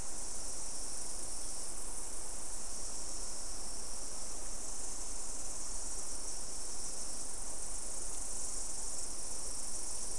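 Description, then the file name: Insect chorus as an unbroken, steady, very high-pitched whine with little variation, over a soft low background rumble. "mainly insect"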